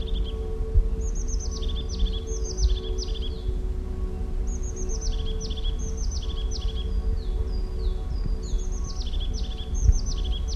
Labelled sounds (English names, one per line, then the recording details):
European Crested Tit
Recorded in the wild
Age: adult
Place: Kärnten, AT
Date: 1967-03-12
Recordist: Brunner, Thomas